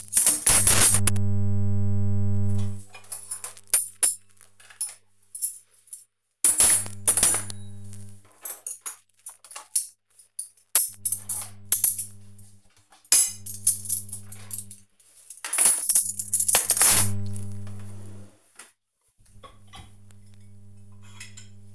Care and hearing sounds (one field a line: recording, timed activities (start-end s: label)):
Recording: household activities, microphone on the right wrist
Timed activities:
0.00-21.75 s: cleaning out the dishwasher